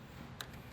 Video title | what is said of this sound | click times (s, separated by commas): MIG Welding Basics - Do’s and Don’ts | you can always check it make sure they're locked in place see that lock | 0.4 s